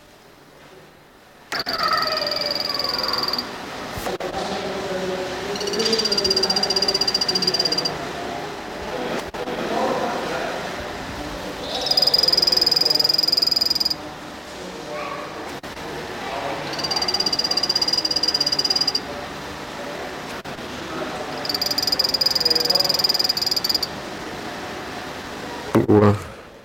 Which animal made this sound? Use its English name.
Tricolor Poison Frog